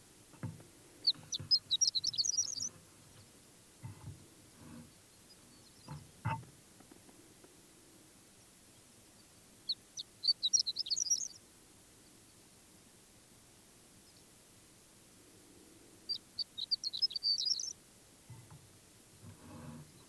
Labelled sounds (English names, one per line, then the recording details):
Horned Lark
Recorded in the wild
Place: Wüste Gobi, MN
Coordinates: 42.94, 105.082
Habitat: Desert
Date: 1979-06-01 05:45
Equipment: Nagra III BH, Sennheiser MD 21, parabola
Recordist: Schubert, Michael